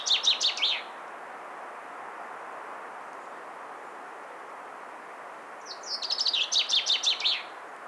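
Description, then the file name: Common chaffinch: the tail of one descending trilled phrase, several seconds of steady background noise, then another complete phrase of rapid, falling notes. "Fringilla coelebs"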